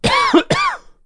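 Two forceful cough bursts in quick succession, each a sharp explosive onset followed by a short voiced, throaty tail, about half a second apart. An acted strong double cough from an adult.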